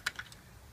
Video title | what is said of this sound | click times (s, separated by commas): Contours Options Elite Tandem Stroller Review | you know that you've done it the right way when you've heard the click | 0.1 s